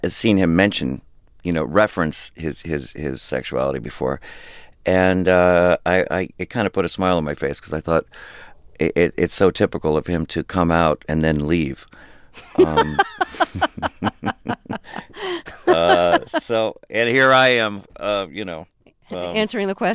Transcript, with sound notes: seen him mention, you know, reference his sexuality before, and it kind of put a smile on my face because I thought it's so typical of him to come out and then leave. (Soundbite of laughter) So - and here I am, you know...
Answering the question.